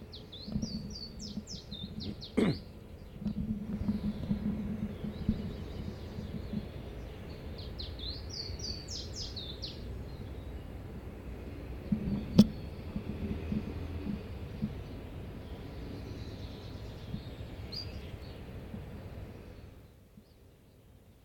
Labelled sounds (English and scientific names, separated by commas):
Willow Warbler (Phylloscopus trochilus)